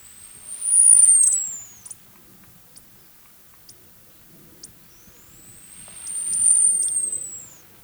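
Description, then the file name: Costa's hummingbird giving two long, thin, very high whistles, each rising then sagging slightly, with faint ticks in between. "Calypte costae"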